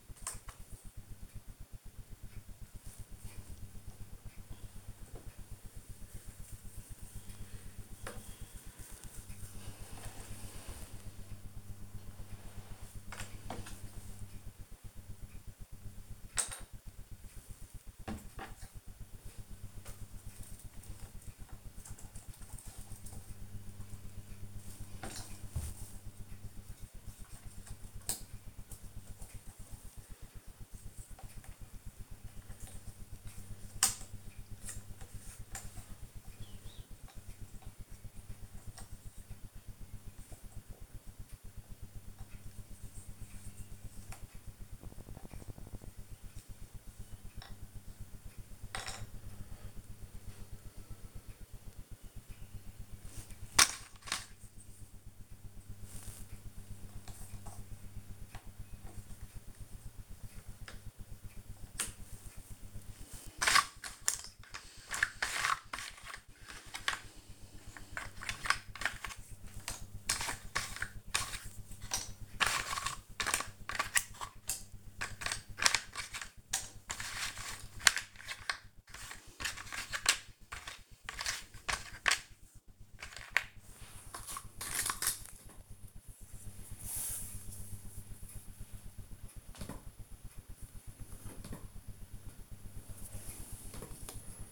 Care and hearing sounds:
household activities, microphone on the right wrist
0.00-94.52 s: doing a puzzle

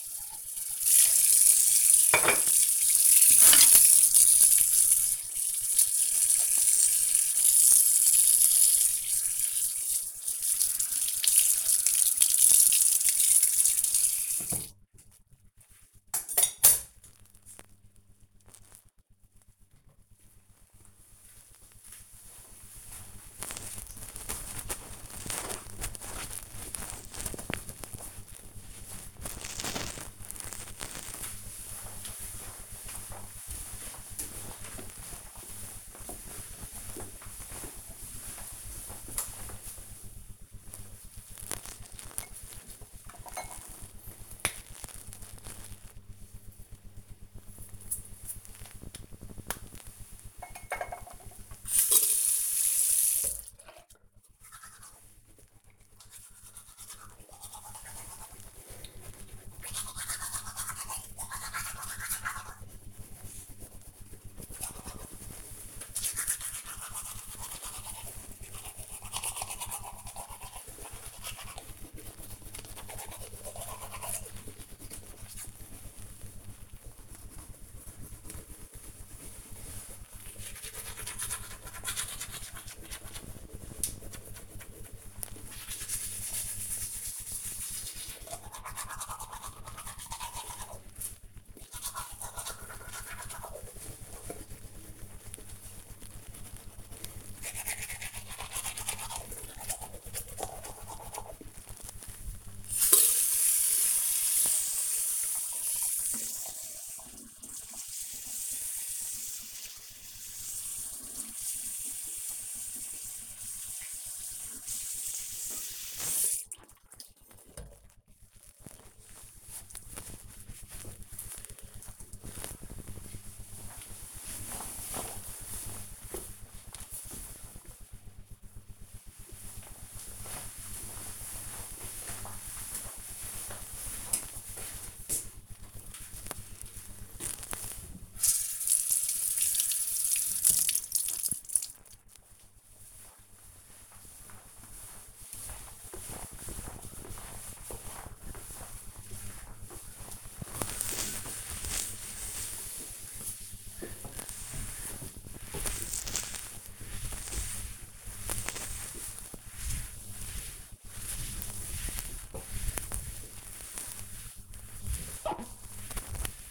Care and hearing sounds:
household activities, microphone on the right wrist
0.00-19.84 s: washing dishes
39.96-117.50 s: brushing teeth
135.63-166.51 s: cleaning table

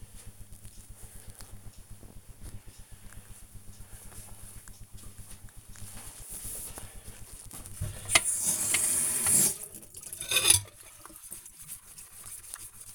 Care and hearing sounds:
household activities, microphone on the right wrist
8.35-12.94 s: washing dishes

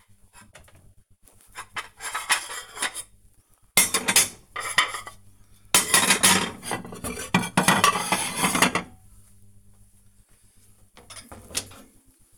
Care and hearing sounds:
household activities, microphone on the right wrist
0.00-12.38 s: cleaning out the dishwasher

